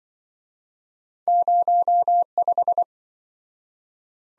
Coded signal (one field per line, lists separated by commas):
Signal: Morse code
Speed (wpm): 25 wpm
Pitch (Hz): 700 Hz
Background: none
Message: 05